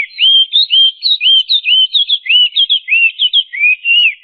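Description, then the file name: Chinese hwamei song: rich, rolling whistled notes, each slurred up and down, given in a steady rapid series. "audio-kicauan-burung-hwamei -omkicau"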